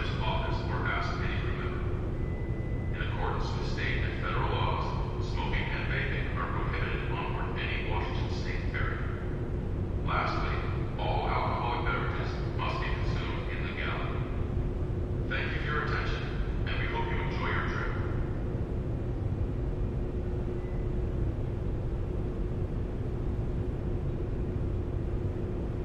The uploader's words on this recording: Seattle Inbound Rear Car Deck Launch Stereo. A days' worth of round-trips on the Seattle-Bainbridge Island Ferry, nearly all short fore-and-aft from then passenger and car decks.